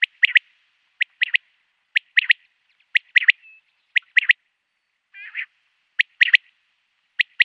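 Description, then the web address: Common quail giving crisp three-note display phrases at roughly one-second intervals, broken once by a rasping buzz before the phrases resume. Male display. "Schulze Peter Common Quail male display"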